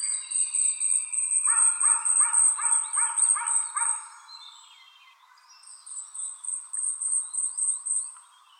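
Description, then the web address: Asian stubtail song: a high, sibilant series of fast ticking notes in runs of several seconds, overlapped by another bird's louder, lower pulsed notes repeated rhythmically. "birdenaga yabusame"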